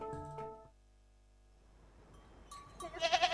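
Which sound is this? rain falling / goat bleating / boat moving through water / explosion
goat bleating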